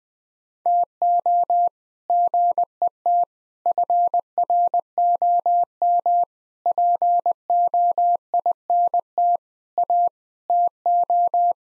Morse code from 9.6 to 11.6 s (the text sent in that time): A TO